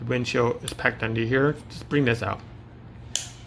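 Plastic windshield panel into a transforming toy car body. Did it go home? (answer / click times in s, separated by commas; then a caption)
yes / 3.2 s. Someone talks while folding the plastic windshield panel of a transforming toy robot out from under its body and pushing it into the toy car body. A sharp, brief click sounds at 3.2 seconds as the windshield seats into place.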